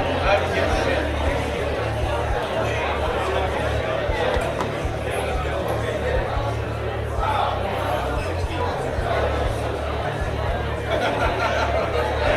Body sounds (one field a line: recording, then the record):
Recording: background sound without coughing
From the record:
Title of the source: CITY SOUNDS Busy Bar in the Evening Night - 2 HOURS of Ambiance for Relaxation